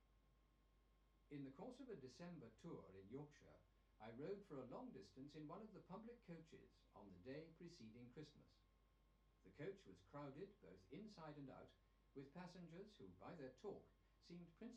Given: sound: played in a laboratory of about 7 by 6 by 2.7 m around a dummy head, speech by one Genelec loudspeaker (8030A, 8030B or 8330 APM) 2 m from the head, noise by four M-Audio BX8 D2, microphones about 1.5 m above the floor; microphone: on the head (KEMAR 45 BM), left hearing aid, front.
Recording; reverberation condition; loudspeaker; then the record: male speech in English; low; 120 degrees to the right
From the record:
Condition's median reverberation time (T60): about 310 ms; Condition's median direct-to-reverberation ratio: about 3.5 dB